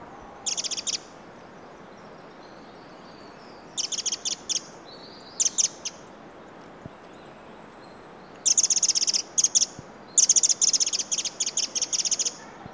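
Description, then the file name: Eurasian wren giving dry, high clicking calls in irregular clusters, some bursts longer and rattling, with quiet gaps between them and a low hiss throughout. "Troglodytes troglodytes"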